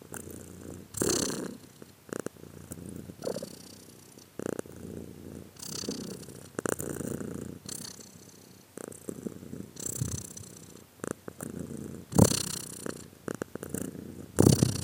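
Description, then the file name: Cat purring, a low rumbling drone that swells and fades in uneven waves, with soft breathy noise bursts and occasional small clicks. "arseniiv cat-again"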